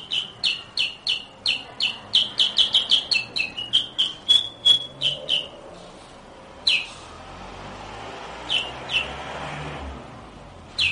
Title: Suara Burung Kutilang